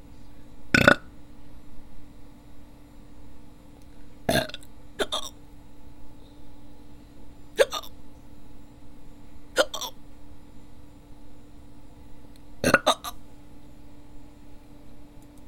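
An adult hiccuping: about eight brief, sharp gulping hiccup sounds over fifteen seconds, some in quick pairs, over a steady background hum.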